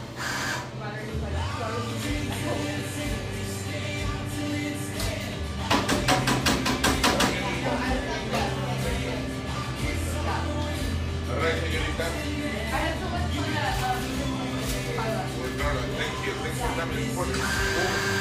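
Café sounds fill the drip coffee joint in eastern Seattle: a dense, steady murmur of overlapping voices with a low hum underneath. Around six to seven seconds, a quick run of sharp clattering taps cuts through, and scattered knocks and clinks recur throughout.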